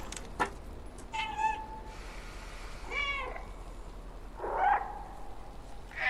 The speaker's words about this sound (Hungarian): Jaj, neked mutatom, macskás hölgy, hogy külön gomb van a nyávogáshoz. Tehát, hogy bármikor lehet nyávogni a cicával. És nem csak egy nyávogást tudom, cica.